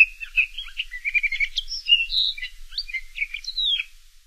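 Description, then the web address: Sage thrasher singing a rapid, jumbled stream of varied warbling notes, some rising and falling sharply, then trailing off at the end. North America. "Songs of Birds of North America Stokes. Sage Thrasher"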